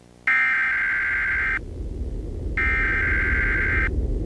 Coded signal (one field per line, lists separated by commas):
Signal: Emergency Alert System (SAME) tones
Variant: header bursts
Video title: EAS Scenario - The Rarity Virus 2